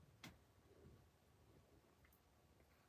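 A plastic part of an HG 1/144 Gundam Barbatos model kit, not fully inserted, is pushed the rest of the way into its mating socket. A single sharp snap sounds at 0.2 s, followed by quiet low background noise with a few faint ticks. The part is seated fully home.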